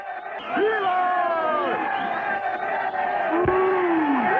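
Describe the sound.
A hockey crowd roars in a sustained ovation as the Gavilanes and Opilotes teams practise, in the 1945 Disney short Hockey Homicide: a dense wall of cheering voices with rising and falling whoops and shouts cutting through, loud and steady throughout.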